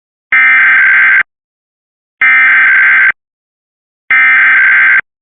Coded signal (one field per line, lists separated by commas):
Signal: Emergency Alert System (SAME) tones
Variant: header bursts